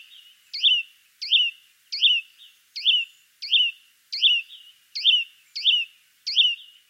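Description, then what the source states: Hutton's vireo song: one high, slurred two-part note repeated steadily several times in a row, monotonous, with no other sounds. Song some describe as monotonous and unmusical; species of western North America, Mexico and Guatemala.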